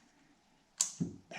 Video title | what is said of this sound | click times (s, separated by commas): The Best Catch Can for a Hemi 5.7 and SRT 6.4 Improved Racing | go in until it clicks pull back make sure it's on there all the way and put your red piece | 0.8 s